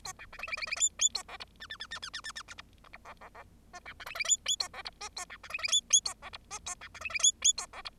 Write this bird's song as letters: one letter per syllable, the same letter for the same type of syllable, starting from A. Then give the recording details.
A B C D D D D E E A F G H H H H H H H H H G G G F F F I B C D D E E A F G I A B C D D E E A F G I A B C D D E E A F G. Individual Bird0